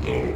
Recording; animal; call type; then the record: contact call of a hoofed animal; pig; closed-mouth grunt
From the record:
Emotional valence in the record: positive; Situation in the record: food and toys in familiar pen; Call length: 0.35 s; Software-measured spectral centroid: 1520 Hz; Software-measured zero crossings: 1120 a second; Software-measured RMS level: -24 dBFS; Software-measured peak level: -13 dBFS